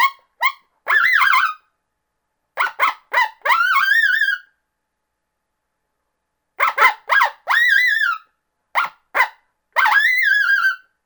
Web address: coyote challenge bark